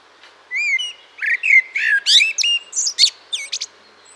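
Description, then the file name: Common blackbird song: a few clear whistled notes followed by a quick run of squeaky, chattering high notes. "Turdus merula"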